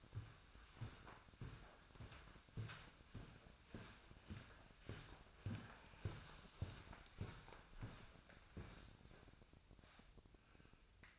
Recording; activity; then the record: daily activity, microphone in the room; walk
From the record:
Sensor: 2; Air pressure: 1009.1 hPa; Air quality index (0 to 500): 182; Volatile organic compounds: 3 ppm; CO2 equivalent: 1328 ppm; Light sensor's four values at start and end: 46/118/51/56 and 48/123/53/58